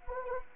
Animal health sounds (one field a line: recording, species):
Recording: mosquito wingbeat signal from an infrared sensor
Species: Anopheles gambiae